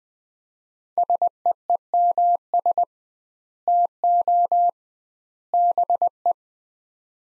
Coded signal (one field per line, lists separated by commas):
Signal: Morse code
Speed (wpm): 20 wpm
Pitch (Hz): 700 Hz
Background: none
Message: SEEMS TO BE